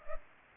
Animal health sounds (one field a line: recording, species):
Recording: mosquito wingbeat signal from an infrared sensor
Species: Culex pipiens